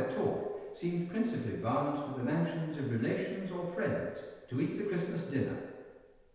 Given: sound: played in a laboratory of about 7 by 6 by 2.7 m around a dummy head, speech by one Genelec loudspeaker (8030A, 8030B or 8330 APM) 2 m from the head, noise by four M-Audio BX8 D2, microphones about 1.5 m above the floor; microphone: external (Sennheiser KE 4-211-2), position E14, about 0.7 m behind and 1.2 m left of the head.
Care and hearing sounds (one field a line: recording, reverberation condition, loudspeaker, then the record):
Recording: male speech in English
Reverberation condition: high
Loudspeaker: 60 degrees to the right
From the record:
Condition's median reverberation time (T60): about 1300 ms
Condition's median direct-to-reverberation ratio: about -4.0 dB